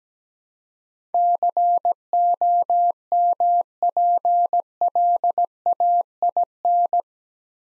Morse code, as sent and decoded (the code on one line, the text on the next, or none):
-.-. --- -- .--. .-.. .- .. -.
COMPLAIN